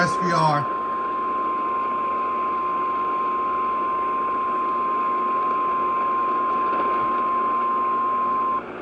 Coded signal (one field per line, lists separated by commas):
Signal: Emergency Alert System (SAME) tones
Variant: 1050 Hz attention tone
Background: speech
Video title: MID SOUTH WRECKAGE - EAS Alerts From 3/29/25 - 3/31/25 (EAS #3595-3639)